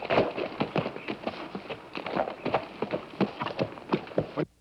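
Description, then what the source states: Horse hoofbeats: sharp, echoing clops in a quick series, ending abruptly. Horse in a tunnel.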